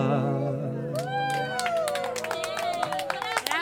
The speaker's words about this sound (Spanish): Gracias. Un aplauso a las bailarinas acá.